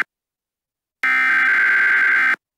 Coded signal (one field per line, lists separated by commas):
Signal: Emergency Alert System (SAME) tones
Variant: header bursts